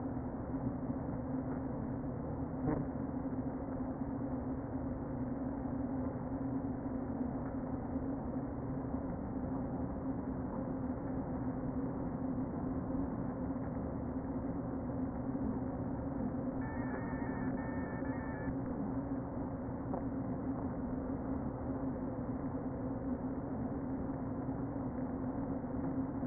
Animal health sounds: honeybee colony, microphone inside the hive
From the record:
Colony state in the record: queen present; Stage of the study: before two queens were removed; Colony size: about 60,000 bees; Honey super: yes

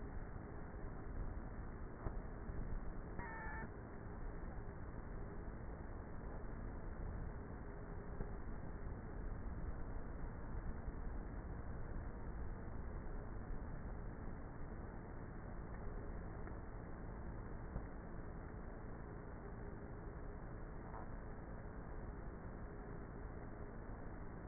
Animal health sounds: honeybee colony, microphone inside the hive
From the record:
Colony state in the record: queenless with a low population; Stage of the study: before two queens were removed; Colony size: about 30,000 bees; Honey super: no

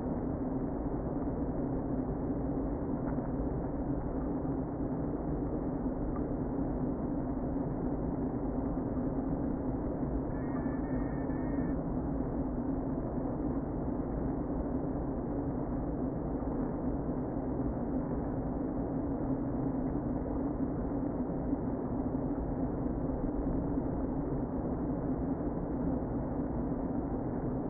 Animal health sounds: honeybee colony, microphone inside the hive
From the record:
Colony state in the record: queen present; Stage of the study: before two queens were removed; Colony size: about 60,000 bees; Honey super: yes

